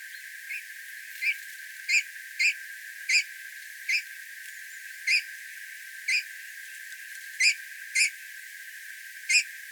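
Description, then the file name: Eurasian bullfinch calls: short soft notes repeated irregularly about once a second, each a brief burst with stacked overtones; low frequencies filtered out. "Pyrrhula pyrrhula"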